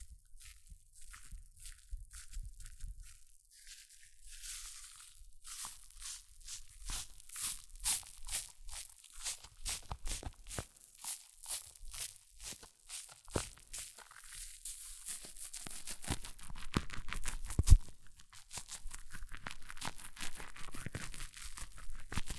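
Hair mousse fizzes and crackles in dense, rapid bright pops that build from sparse beginnings into a busier, louder hiss after about fifteen seconds.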